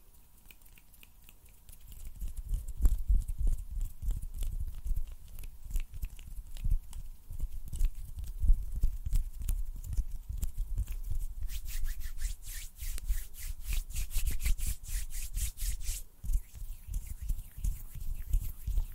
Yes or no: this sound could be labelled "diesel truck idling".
no